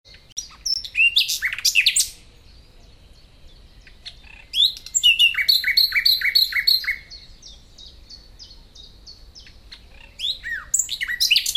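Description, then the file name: Common nightingale singing varied phrases: sharp chips, a pause, then a series of descending notes repeated several times, followed by more whistled phrases. "Luscinia megarhynchos"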